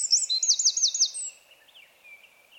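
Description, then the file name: Eurasian wren with a burst of sharp, high, rapidly repeated notes over about a second, then a thin quieter trill trailing off. "Troglodytes troglodytes"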